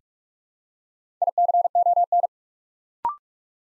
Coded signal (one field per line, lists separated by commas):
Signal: Morse code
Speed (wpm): 44 wpm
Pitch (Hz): 700 Hz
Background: none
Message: ICON